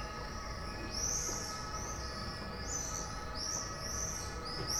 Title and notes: bonn altstadt, mauersegler - mauersegler im juli 2006. Mauersegler, Bonn, Juli 2006. maik johannsen